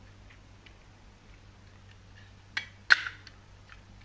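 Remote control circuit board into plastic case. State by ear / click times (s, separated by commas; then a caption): seated / 2.9 s. A remote control circuit board is slid into its plastic case, with the LED going into its hole and the battery contacts into their slot, while repairing a converter remote that no longer responds to key presses. Faint light ticks lead to a sharp clack at 2.6 s, then a light push snaps the board into place with the loudest sharp click at 2.9 s. A few smaller ticks follow, and the board is seated.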